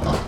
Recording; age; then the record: pig call; growing-finishing pig (85 days or more)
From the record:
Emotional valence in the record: positive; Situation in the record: run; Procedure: transit